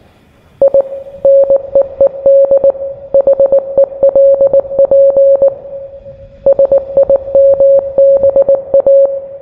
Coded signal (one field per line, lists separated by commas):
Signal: Morse code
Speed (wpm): 19 wpm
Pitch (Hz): 550 Hz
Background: none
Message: I NEED HELP SIMBA